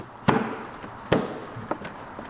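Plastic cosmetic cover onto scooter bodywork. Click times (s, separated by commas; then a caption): 0.3 s, 1.1 s, 1.7 s. A small plastic cosmetic cover is pressed by hand onto the bodywork of a Y2K-era Vespa ET4 scooter. Three sharp, loud snaps ring out at 0.3, 1.1 and 1.7 seconds, with faint softer ticks between them, and the cover ends up snapped firmly into place.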